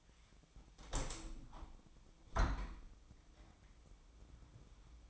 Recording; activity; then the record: daily activity, microphone in the room; open window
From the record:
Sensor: 1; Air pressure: 1006.5 hPa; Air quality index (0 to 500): 208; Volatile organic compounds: 24 ppm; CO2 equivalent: 2804 ppm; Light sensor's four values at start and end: 11/29/11/13 and 12/31/12/14